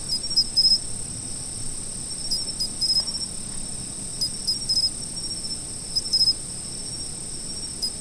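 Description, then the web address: Insects trilling continuously at high pitch, with clustered chirps every couple of seconds. Autumn insects. "sound nature 01 autumn insects"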